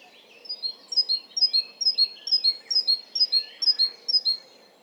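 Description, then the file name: Great tit calling in a rhythmic series of clear, high two-note phrases, roughly two a second. "Parus major"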